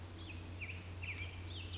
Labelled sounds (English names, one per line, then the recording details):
Western Flycatcher
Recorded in Sonoma County, California